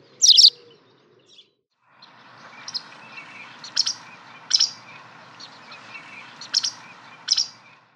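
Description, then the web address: White wagtail with a loud opening chirp, then several high, scratchy chirps at irregular intervals over steady background noise. "fugler linerle"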